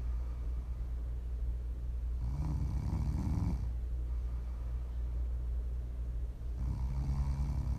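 Two rumbling, fluttering snores about four seconds apart, each lasting around one to one and a half seconds, over a steady low hum. The pattern is ordinary sleep snoring.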